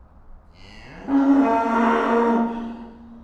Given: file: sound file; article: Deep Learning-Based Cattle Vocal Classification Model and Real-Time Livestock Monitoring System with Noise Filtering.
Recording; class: cattle; estrus call